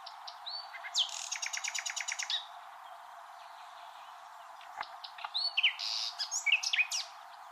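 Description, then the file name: Common nightingale song with a long rattling sequence of repeated notes, quiet gap, then a varied burst of whistles and sharp notes. "Luscinia megarhynchos"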